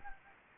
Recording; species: mosquito wingbeat signal from an infrared sensor; Anopheles gambiae